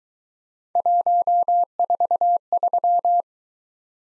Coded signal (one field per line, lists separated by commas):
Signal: Morse code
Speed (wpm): 23 wpm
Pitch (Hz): 700 Hz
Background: none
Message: 143